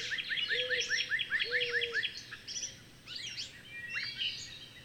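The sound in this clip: Bird song: rapid rising chirps alongside two low whistled notes, then breaking into looser, scattered calls against a soft hiss.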